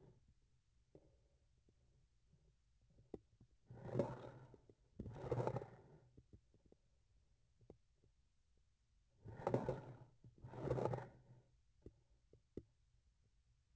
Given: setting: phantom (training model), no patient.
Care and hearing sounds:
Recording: laparoscopic instrument, vibration sensor on the handle end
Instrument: grasping forceps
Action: approaching and retracting movements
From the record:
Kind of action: spatial motion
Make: other than Olympus

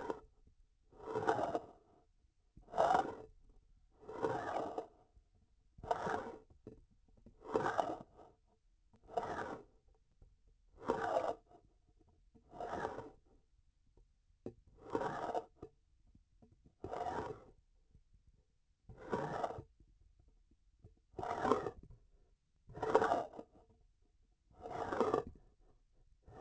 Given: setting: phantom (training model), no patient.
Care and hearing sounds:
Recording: laparoscopic instrument, vibration sensor on the handle end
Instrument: grasping forceps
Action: approaching and retracting movements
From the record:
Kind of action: spatial motion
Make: Olympus

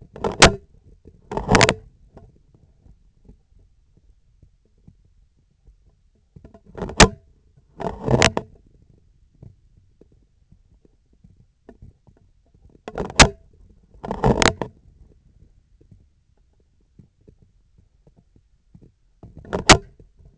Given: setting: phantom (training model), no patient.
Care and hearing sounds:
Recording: laparoscopic instrument, vibration sensor on the handle end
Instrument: scissors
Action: opening and closing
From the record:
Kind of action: tool actuation without material contact

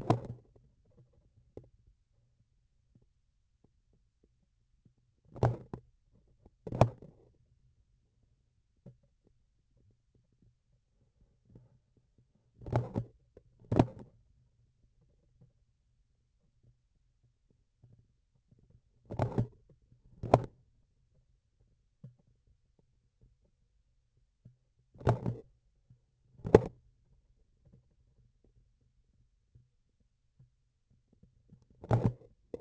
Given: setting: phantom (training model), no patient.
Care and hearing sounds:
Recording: laparoscopic instrument, vibration sensor on the handle end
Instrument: grasping forceps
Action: opening and closing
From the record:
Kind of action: tool actuation without material contact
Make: other than Olympus

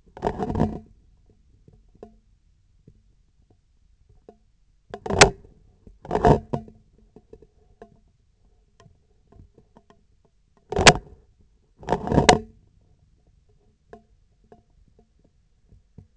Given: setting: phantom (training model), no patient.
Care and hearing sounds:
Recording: laparoscopic instrument, vibration sensor on the handle end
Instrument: scissors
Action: opening and closing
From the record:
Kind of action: tool actuation without material contact

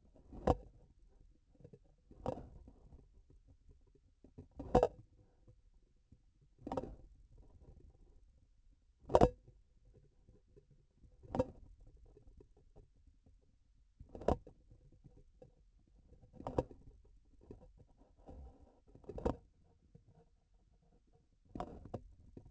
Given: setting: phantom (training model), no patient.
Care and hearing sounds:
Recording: laparoscopic instrument, vibration sensor on the handle end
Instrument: grasping forceps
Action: opening and closing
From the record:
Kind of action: tool actuation without material contact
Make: Olympus

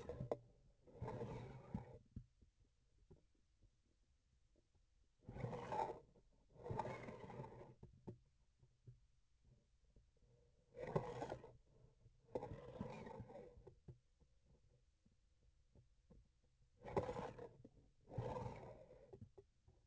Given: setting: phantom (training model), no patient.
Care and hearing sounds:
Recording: laparoscopic instrument, vibration sensor on the handle end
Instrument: grasping forceps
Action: approaching and retracting movements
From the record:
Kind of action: spatial motion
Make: other than Olympus

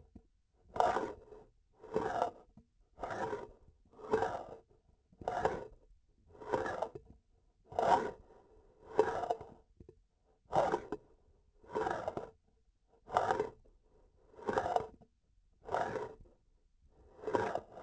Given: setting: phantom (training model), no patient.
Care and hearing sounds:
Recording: laparoscopic instrument, vibration sensor on the handle end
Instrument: grasping forceps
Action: approaching and retracting movements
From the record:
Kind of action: spatial motion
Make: Olympus

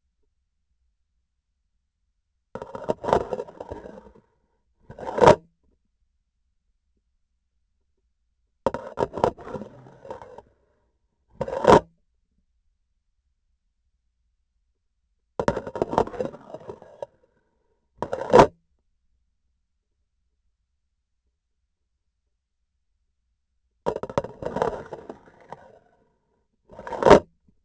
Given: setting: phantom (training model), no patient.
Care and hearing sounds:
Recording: laparoscopic instrument, vibration sensor on the handle end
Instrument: grasping forceps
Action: insertion and removal through the trocar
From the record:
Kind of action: spatial motion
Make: other than Olympus

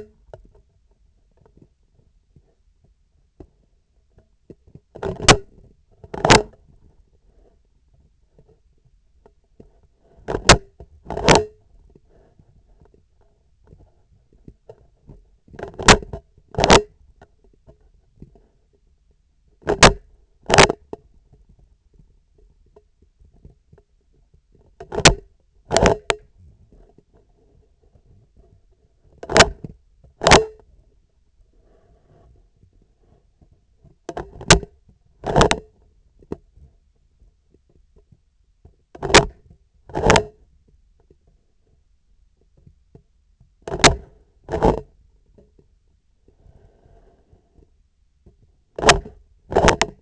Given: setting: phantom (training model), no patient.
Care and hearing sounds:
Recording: laparoscopic instrument, vibration sensor on the handle end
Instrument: scissors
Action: opening and closing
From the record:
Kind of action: tool actuation without material contact

